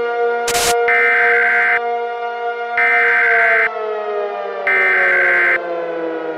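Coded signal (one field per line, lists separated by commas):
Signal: Emergency Alert System (SAME) tones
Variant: header bursts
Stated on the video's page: Remade fictional EAS scenario of the Three Mile Island nuclear accident, with synthesized sirens.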